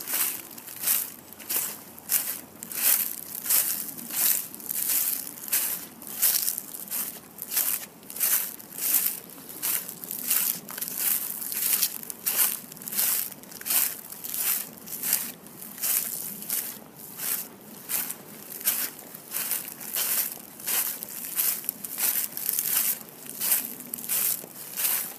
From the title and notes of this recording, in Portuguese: Som de Passos Sobre Folhas Secas. Um ASMR de passos sobre as folhas secas de outono.